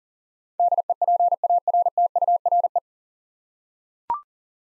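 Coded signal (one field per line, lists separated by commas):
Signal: Morse code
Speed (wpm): 40 wpm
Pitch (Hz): 700 Hz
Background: none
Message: DEPARTURE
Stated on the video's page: Morse practice of nine-letter words at 40 wpm, each sent, then spoken, then sent again.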